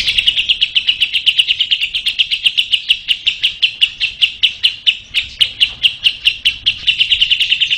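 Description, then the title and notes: Lovebird in a sustained rapid trill of high, pulsed chirps, steady in pitch and rhythm throughout. Masteran (tutor audio) for training other birds to sing. "Suara Burung Lovbred Buat Masteran"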